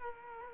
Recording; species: mosquito wingbeat signal from an infrared sensor; Culex quinquefasciatus